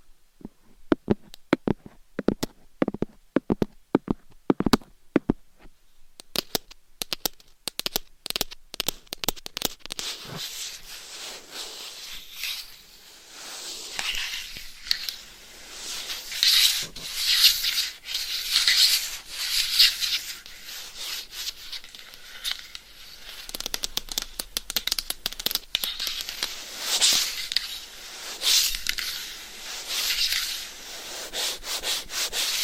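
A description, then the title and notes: Claws tap and scratch at a microphone. The first few seconds are sharp, separate taps, then from about six seconds the claws scrape in a dense, bright, rasping stream that swells and eases in waves to the end, with occasional faint taps mixed in. ASMR Binaural Dummy Head Mic Scratching & Tapping with Claws 100% Tingles - ASMR No Talking.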